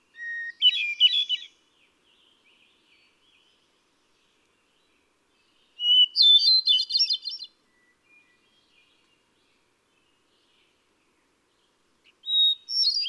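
Hermit thrush singing fluty phrases spaced several seconds apart, each starting with a clear sustained whistle and breaking into rapid, ringing tremolo notes, with each phrase pitched differently.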